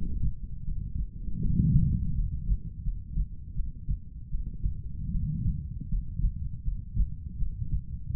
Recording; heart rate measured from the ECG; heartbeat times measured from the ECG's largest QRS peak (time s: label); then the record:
heart sounds by stethoscope; 80 bpm
0.63 s: heartbeat
1.40 s: heartbeat
2.14 s: heartbeat
2.82 s: heartbeat
3.54 s: heartbeat
4.29 s: heartbeat
5.10 s: heartbeat
5.88 s: heartbeat
6.63 s: heartbeat
7.37 s: heartbeat
8.10 s: heartbeat
From the record:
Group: healthy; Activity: cold pressor test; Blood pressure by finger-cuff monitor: 121/72 mmHg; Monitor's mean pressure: 88 mmHg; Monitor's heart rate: 81 bpm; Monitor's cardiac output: 7.3 L/min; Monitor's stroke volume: 90 mL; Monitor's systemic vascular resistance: 900 dyn s/cm5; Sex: female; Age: 23 years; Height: 160 cm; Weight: 50.4 kg